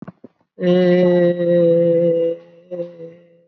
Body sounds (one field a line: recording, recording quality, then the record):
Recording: sustained vowel as in made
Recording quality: excellent, no background noise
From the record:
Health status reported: COVID-19 positive, mild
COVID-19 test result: positive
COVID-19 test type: RT-PCR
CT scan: not taken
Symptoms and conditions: hypertension, diabetes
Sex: female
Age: 57 years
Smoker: no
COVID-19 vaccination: none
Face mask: not worn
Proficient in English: no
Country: India